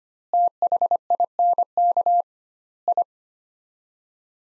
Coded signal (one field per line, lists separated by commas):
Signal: Morse code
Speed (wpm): 25 wpm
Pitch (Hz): 700 Hz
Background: none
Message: THINK I